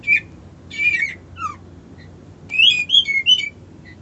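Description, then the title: White-eye song in short bursts of high chirps and twittering whistles, a brief pause, then a livelier warbling run. Song style called ngerol ngalas. "Suara Burung Pleci Ngerol Ngalas Mantap"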